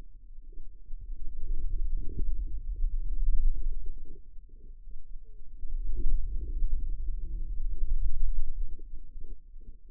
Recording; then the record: forearm muscle sounds (acoustic myography)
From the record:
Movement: wrist extension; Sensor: system 2, bracelet of six BSWA MPA416 microphones around the upper forearm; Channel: 1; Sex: female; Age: 25 years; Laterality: right